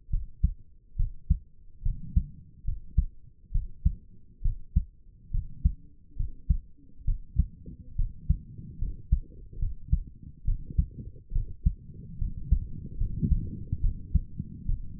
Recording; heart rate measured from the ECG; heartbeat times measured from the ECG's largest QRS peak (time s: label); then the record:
heart sounds by stethoscope; 70 bpm
0.09 s: heartbeat
0.96 s: heartbeat
1.82 s: heartbeat
2.64 s: heartbeat
3.51 s: heartbeat
4.41 s: heartbeat
5.31 s: heartbeat
6.16 s: heartbeat
7.04 s: heartbeat
7.95 s: heartbeat
8.78 s: heartbeat
9.59 s: heartbeat
10.44 s: heartbeat
11.32 s: heartbeat
12.18 s: heartbeat
12.97 s: heartbeat
13.80 s: heartbeat
14.65 s: heartbeat
From the record:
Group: healthy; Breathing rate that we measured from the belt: 18 breaths a minute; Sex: female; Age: 22 years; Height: 154 cm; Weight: 58.7 kg